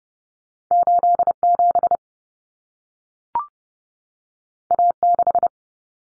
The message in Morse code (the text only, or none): 87 A6